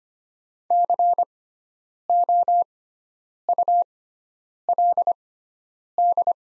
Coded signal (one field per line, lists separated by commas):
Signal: Morse code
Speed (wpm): 25 wpm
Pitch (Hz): 700 Hz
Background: none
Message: COULD